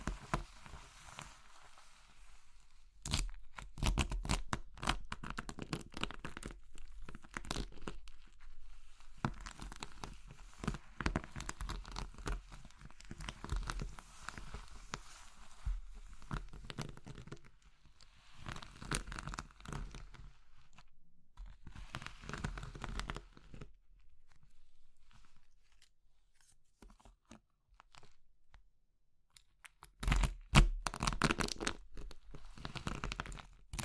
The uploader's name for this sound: Crushing Triggers Soap, Chalk, Meringue, Pastel